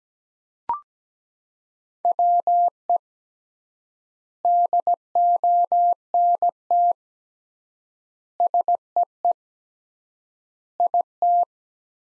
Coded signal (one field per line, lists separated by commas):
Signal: Morse code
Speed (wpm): 17 wpm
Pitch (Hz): 700 Hz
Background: none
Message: WE DONT SEE IT